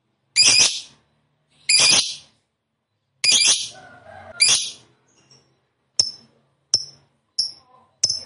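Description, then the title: Lovebird harsh screeching calls, four loud rasping bursts, then four shorter sharp chips. Lovebird described as a fighter type and gacor (actively singing). "Berkat SUARA Lovebird FIGHTER GACOR Ini"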